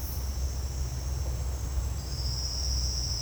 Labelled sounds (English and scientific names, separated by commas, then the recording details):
none
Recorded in secondary vegetation near Puerto Asís, Putumayo, Colombia, on 12 March 2025 at 11:30
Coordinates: 0.485, -76.322
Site G040